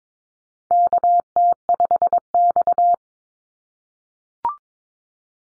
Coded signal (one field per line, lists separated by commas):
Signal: Morse code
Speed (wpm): 22 wpm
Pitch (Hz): 700 Hz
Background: none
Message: KT5X